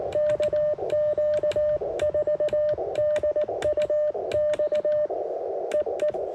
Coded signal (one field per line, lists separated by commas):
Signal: Morse code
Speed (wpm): 18 wpm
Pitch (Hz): 600 Hz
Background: none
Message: KQ4DUX EE